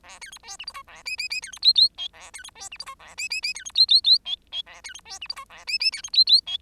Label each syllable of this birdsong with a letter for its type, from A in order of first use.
A B C D E F G A H H H B C I I J A B C D E F G A H H H B C I I I J J A B C D E F G A H H B C I I J